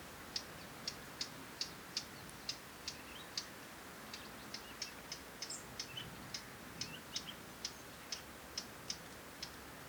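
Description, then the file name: Eurasian Blackcap calling with rapid, hard tacking clicks repeated roughly every half second, against faint background noise. "Sylvia atricapilla"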